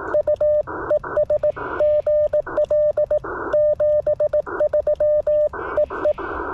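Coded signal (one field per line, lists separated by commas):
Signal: Morse code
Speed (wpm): 19 wpm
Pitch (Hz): 600 Hz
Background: none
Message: U ES GL 73 EE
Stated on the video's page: Portable Remembrance Day Contest CW at 18 WPM, Icom IC-705 on battery, twin paddle key, EFHW antenna; exchange of report and years licensed.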